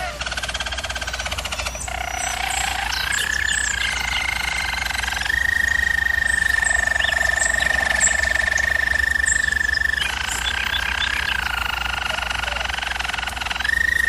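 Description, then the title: German Roller canary song: unbroken rolling trills stepping between low and higher pitches, with a long, even roll held steady in the middle. Singing; used for canary training. "German Roller Canary Singing - Canary Training Vid"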